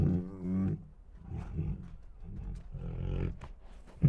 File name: Two Tigers Make Grumbly Growls and Moans [Sound Ideas]